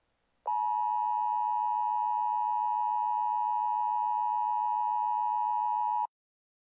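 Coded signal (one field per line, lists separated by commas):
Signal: Emergency Alert System (SAME) tones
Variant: 853 and 960 Hz attention tone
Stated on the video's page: Fictional EAS scenario.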